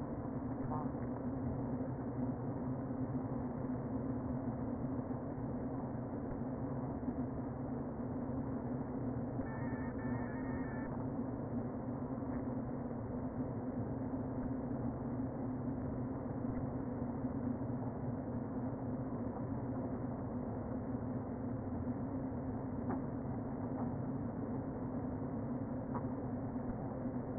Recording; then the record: honeybee colony, microphone inside the hive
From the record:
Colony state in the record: queen present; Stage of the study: before two queens were removed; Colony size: about 60,000 bees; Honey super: yes